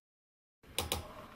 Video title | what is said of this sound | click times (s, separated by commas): Entre System - Instructional DVD | you should hear the connector latch click twice if you have attached the connector properly | 0.8 s, 0.9 s